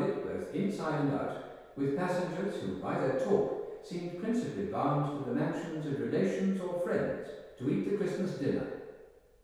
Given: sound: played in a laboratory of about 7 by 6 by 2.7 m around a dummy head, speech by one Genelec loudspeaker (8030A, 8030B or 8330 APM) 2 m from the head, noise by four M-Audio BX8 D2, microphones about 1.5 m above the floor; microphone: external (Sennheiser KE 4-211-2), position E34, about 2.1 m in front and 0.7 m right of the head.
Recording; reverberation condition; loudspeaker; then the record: male speech in English; high; 60 degrees to the left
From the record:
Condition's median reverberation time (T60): about 1300 ms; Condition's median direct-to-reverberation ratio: about -4.0 dB